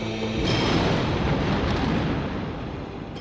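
Cannon shots from the Vltava river boom through a winter thunderstorm raging over the city, merging into a loud, continuous low rumble with a rough, crackling texture that stays steady for several seconds. No voices are heard.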